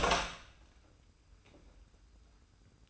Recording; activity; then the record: daily activity, microphone in the room; open door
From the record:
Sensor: 2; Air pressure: 990.2 hPa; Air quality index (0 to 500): 180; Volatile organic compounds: 1000 ppm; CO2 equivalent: 5704 ppm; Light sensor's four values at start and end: 34/80/33/33 and 34/80/33/33